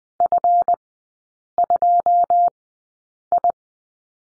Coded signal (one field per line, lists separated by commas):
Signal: Morse code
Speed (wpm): 20 wpm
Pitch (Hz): 700 Hz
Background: none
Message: F2I